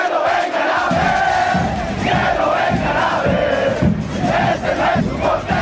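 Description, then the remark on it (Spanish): A huge football stadium crowd in Mexico roars a drawn-out chant in unison, shouted each time the rival goalkeeper clears the ball, loud and sustained throughout, with massed voices swelling and pulsing in a rough rhythm and no single speaker standing out. “El órgano rector del Balompié Mundial aplicó una sanción económica de $20,000 al fútbol nacional por el grito que realiza la gente cada vez que el portero rival realiza un despeje, al considerarlo cántico insultante y discriminatorio.”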